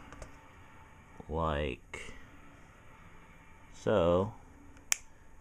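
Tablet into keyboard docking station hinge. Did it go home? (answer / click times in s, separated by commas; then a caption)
yes / 4.9 s. Someone talks while an Asus Transformer Prime 32GB tablet (TF201) is lined up by its arrow markers and pushed down into the hinge slot of its keyboard docking station. A sharp click sounds at 4.9 s, and two clicks are the sign that the tablet is fully latched in. The tablet is seated in the dock.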